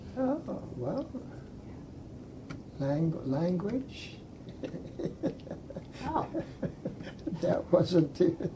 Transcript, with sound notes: Ah well -- lang -- language (laughs)
Oh.
That was the.